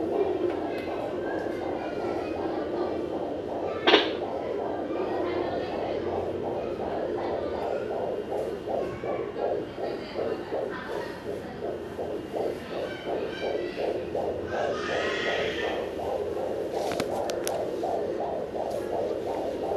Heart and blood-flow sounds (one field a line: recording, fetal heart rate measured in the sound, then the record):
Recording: fetal heartbeat by stethoscope microphone, probably a fetal Doppler's sound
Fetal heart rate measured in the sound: 165 bpm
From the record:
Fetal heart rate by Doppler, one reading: 152 bpm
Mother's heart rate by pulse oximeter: 80 bpm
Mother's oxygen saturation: 98%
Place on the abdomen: right side bottom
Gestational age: 32+ weeks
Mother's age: 26 years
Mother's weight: 72 kg